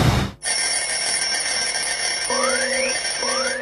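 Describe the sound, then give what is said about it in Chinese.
An alarm clock rings with a steady, shrill high-pitched tone that starts abruptly after a short pause, joined twice near the end by quick rising electronic sweeps. No one speaks. “关上了闹钟，我伸一个懒腰，我要对全世界说一声早上好。”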